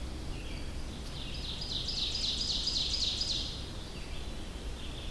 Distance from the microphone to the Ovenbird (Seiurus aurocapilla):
about 45 m